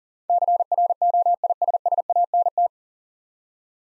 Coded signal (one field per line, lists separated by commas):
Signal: Morse code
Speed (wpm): 43 wpm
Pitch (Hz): 700 Hz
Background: none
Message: CROISSANT